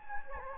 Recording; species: mosquito wingbeat signal from an infrared sensor; Anopheles gambiae